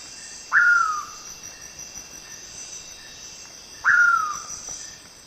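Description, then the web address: Ocellated poorwill song: a clear whistle that jumps up then slides down, given twice about three seconds apart, over a steady high insect drone. Song, eastern lowlands of South America. "Natures Songs S America Eastern Lowlands. Nyctiphrynus ocellatus, song"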